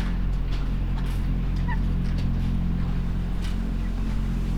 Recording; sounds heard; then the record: poultry house recording; sick chickens (respiratory disease)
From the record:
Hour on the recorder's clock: 21